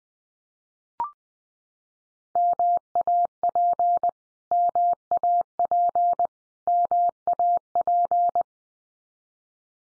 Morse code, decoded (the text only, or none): MAP MAP MAP